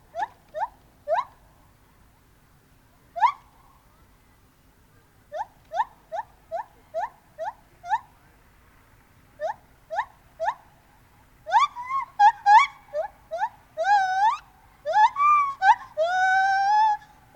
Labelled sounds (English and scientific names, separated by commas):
Lar Gibbon (Hylobates lar)